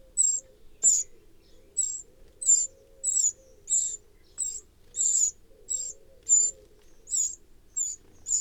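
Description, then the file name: Eurasian wren giving a quick series of many sharp, high chip notes, rhythmic and insistent, with one brief click near the start. "Troglodytes troglodytes"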